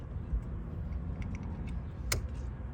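A replacement LED festoon bulb is pushed into the dome light socket of a 2018-2023 Honda Accord over a low background rumble, with faint ticks around 1.2 and 1.4 seconds. A sharp click at 2.1 seconds marks the bulb seating in the socket.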